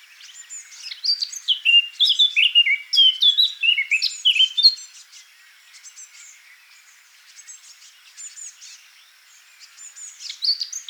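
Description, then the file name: Eurasian blackcap song, a loud run of fast warbled notes with clear fluting descending slides for about four seconds, then faint high twitters and a short renewed phrase. "Sylvia atricapilla"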